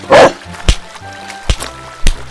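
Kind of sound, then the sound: animal, dog barking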